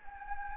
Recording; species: mosquito wingbeat signal from an infrared sensor; Anopheles gambiae